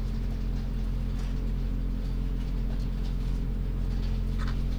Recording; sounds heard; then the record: poultry house recording; sick chickens (respiratory disease)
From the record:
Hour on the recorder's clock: 23